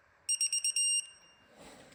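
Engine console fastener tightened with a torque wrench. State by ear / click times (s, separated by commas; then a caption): torque reached / 0.4 s, 0.5 s, 0.6 s, 0.8 s. A fastener on the front console of a Porsche 911 engine is tightened with an electronic torque wrench, which gives a rapid series of high, bright beeps when it reaches the set torque. Beeps begin at about 0.3 s and sound at 0.4, 0.5, 0.6 and 0.8 s, with the last one held until about 1.0 s. This confirms the fastener is torqued, and a soft rustling follows near the end.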